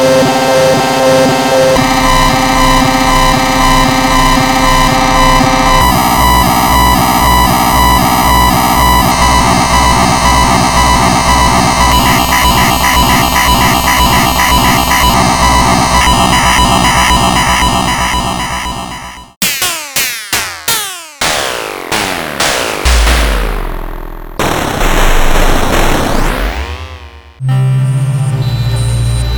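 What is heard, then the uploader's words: A dense, loud sci-fi atmosphere of layered synthetic drones and bright buzzing textures that shift in blocks every few seconds. Just before 20 seconds it fades, then gives way to rapid sweeping pulses and falling whooshes, ending on a low hum. Demos from a circuit bent Kawai K1 synth. Mods include a 24 way ROM destruction patchbay, and a LTC1799 based clock speed/pitch knob. Surprisingly the modded K1 is incredibly good at BBC Radiophonic Workshop style sci-fi atmospheres. Drones and "sounds of the future".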